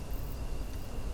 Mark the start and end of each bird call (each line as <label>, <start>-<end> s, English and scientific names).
Common Sandpiper (Actitis hypoleucos), 0.32-0.83 s